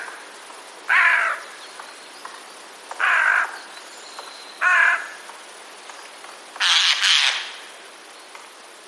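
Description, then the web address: Eurasian jay alarm call: four harsh, raspy screeches spaced about two seconds apart, the last one doubled. Alarm calls, recorded 26 September 2021. "wroblowe ostrzegator sojka"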